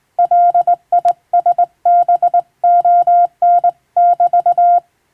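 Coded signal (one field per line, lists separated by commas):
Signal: Morse code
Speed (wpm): 21 wpm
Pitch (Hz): 700 Hz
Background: none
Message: LISBON<BT>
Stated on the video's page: Hand-sent on a vertical straight key by a first-class radiotelegraph operator, practising international-language telegram sending from a practice book.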